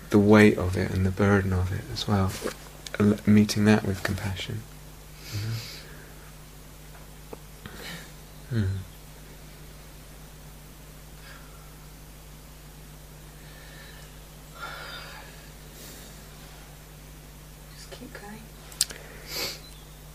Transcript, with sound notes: the weight of it and the burden of it as well, meeting that with compassion. [long sigh] Just keep going?